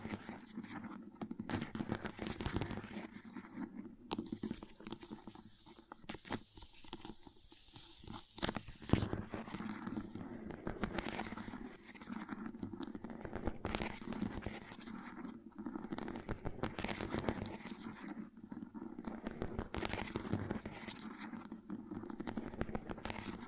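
Crayons tap, scrape and carve in a busy, uneven run of small hard clicks and gritty scratches across the whole stretch. Strokes come in quick irregular bursts, with a sharper cluster of clicks around the ninth second, and a low steady hum sits underneath.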